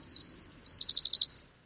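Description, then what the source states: Pacific wren song, a very high, rapid tumbling stream of tinkling notes and fast trills, running continuously without pause. From the Cornell Lab of Ornithology; one of 45 target species monitored by acoustic devices in western Washington forests.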